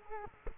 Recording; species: mosquito wingbeat signal from an infrared sensor; Culex quinquefasciatus